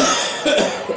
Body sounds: coughing mixed with background sound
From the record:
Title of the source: Residual Phlegmy Morning Coughing and Gagging

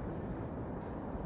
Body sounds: background sound without coughing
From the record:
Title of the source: Train Ride Ambience ambient white noise for sleeping, focus, studying, reading

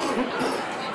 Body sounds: coughing mixed with background sound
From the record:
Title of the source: Coughing 77

